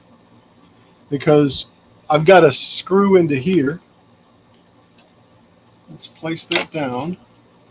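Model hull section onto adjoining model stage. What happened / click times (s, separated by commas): Handled, not yet seated: no snap heard / none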